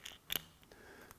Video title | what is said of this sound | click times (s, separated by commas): How to Install the Garmin Force Pro Trolling Motor | That'll lock into place there. | 0.4 s